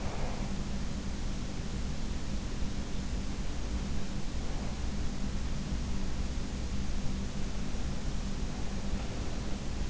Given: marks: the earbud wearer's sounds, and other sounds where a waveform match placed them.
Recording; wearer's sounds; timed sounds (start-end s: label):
sounds in sleep by an in-ear microphone; breath
0.00-1.07 s: breath